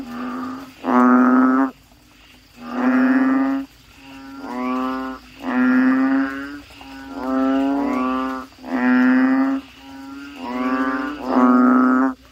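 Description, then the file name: Frog giving hoarse, moaning calls, louder and quieter ones alternating. "suara kodok bangkong"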